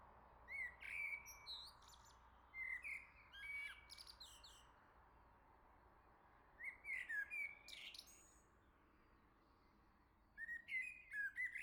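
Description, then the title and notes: Common blackbird singing repeated short fluted phrases with high squeaky endings, four bursts spread throughout with brief silences between them. Singing close by on the morning summer arrived, La Jarrie, France; recorded with SD MixPre-6 II, MS MKH40/30 in Cinela PIA2. "Le Merle salue l'été, 3 Gd Rue de Chassagne, 17220 La Jarrie, France. Quel Sol!!!! pour saluer l'arrivée de l'été ce matin! Merci Jolie Merle de tes vocalises à proximité!"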